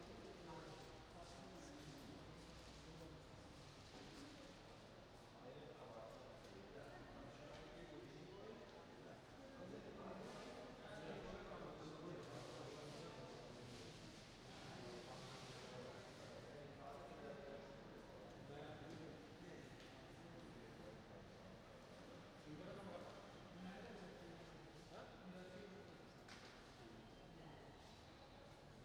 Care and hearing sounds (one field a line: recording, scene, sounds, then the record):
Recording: everyday scene through a hearing-aid microphone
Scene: reverberant space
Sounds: background noise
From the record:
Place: railway station hall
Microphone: in the ear canal, right